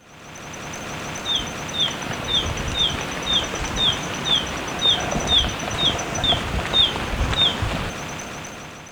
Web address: Natures Songs S America Birds of Ecuador Golden-Faced Tyrannulet